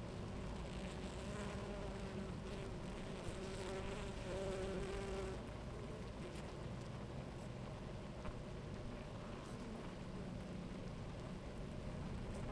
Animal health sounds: honeybee colony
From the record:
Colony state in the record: active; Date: 28 July 2017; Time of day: 11:46

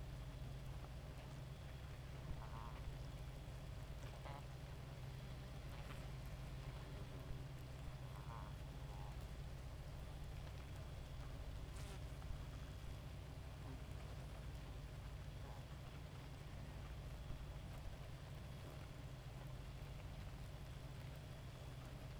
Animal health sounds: honeybee colony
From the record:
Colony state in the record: active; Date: 28 July 2017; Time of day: 2:21

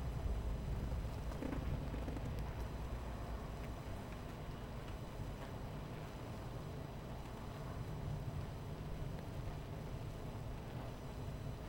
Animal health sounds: honeybee colony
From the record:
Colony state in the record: missing queen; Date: 14 July 2017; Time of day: 11:36

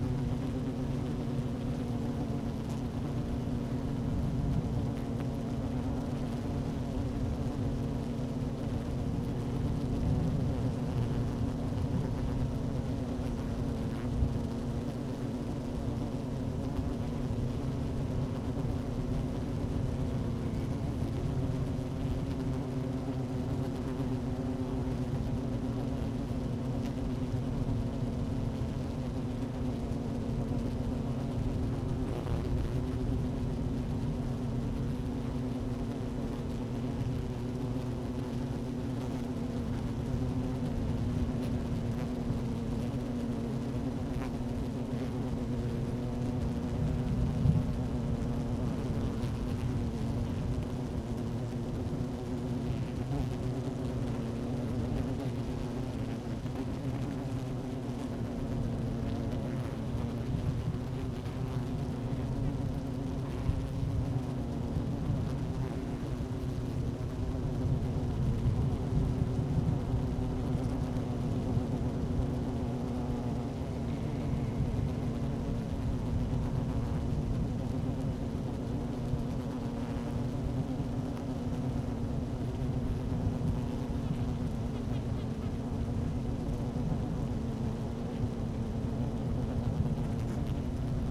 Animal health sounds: honeybee colony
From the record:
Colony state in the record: active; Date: 12 June 2018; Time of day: 12:14

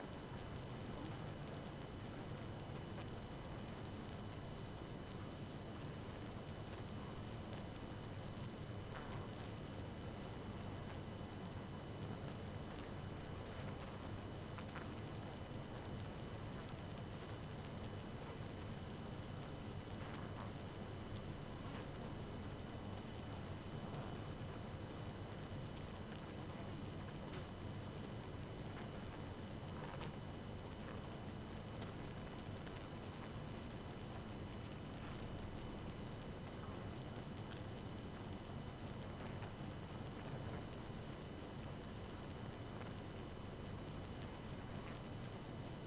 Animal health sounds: honeybee colony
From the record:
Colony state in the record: active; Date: 12 June 2018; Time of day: 2:06

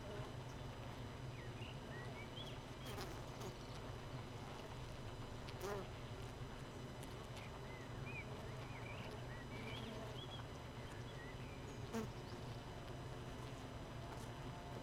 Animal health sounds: honeybee colony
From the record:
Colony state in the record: missing queen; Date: 31 May 2018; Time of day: 18:49

